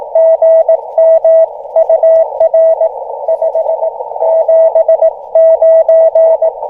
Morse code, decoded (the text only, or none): GM UR 579